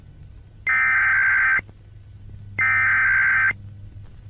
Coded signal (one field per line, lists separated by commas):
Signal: Emergency Alert System (SAME) tones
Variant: header bursts